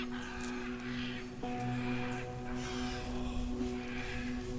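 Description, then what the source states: Scarlet Macaw flight calls: several harsh, raspy squawks spread throughout, over a steady low hum. Four wild macaws calling as they fly overhead in Belize, right after a tree is planted for them; possibly rescued chicks released into the wild.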